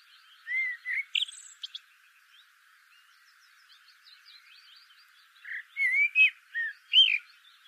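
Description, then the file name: Common blackbird singing: fluted whistles and a high squeak early on, a quiet gap with chirps, then a louder phrase of slurred, warbled notes. "Turdus merula"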